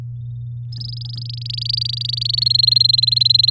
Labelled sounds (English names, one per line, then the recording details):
Domestic Canary song
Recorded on 9 May 2018 at 10:14
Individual llb16